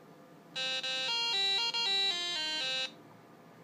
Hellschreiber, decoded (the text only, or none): none